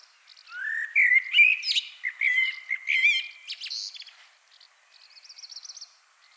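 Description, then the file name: Common blackbird delivers a rising whistled phrase with repeated fluty notes and squeaky overtones, ending in a soft rapid trill. "Turdus merula"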